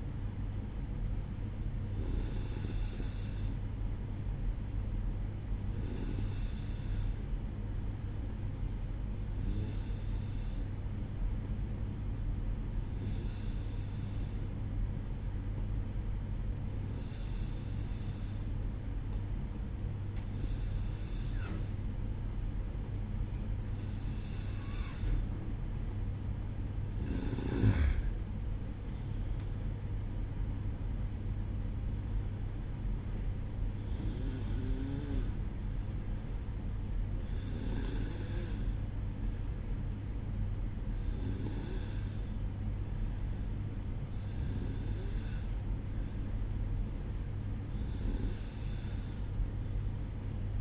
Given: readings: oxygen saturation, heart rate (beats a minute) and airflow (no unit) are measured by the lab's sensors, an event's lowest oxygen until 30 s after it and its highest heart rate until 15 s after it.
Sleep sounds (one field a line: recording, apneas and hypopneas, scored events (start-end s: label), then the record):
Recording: breathing in sleep by a smartphone at the bedside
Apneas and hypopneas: 1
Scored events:
4.00-26.00 s: hypopnea (N2, oxygen 94% highest, then 92% lowest, heart rate 61 at the start, 67 highest)
31.00-50.61 s: new sleep stage, N1 (lightest sleep)
From the record:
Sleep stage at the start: N2 (light sleep)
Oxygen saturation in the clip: 92 to 94%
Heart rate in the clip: 59 to 67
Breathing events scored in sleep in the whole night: 305 in 9.6 hours asleep